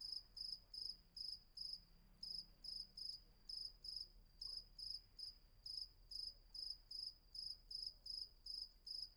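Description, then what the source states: Cricket chirps as evenly spaced high trilled pulses, roughly two or three each second, continuing throughout with quiet low rumble underneath. Crickets at night, Vagia, Patmos, Greece; recorded with a Fostex FR-2 and MKH800 microphone.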